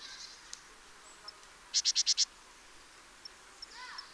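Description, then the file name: Great tit call: five rapid, sharp high notes in a fast run, with scattered faint chirps around them. "Parus major"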